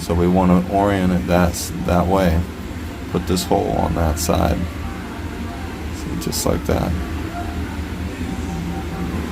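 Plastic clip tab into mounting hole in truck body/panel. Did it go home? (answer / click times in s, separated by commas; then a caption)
no / none. Someone talks while lining up a plastic clip so its tab faces the mounting hole in the body panel of a 2019 Dodge Ram truck, with music and a steady low hum in the background. A few short handling knocks are heard, but nothing has seated or clicked yet.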